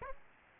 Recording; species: mosquito wingbeat signal from an infrared sensor; Aedes albopictus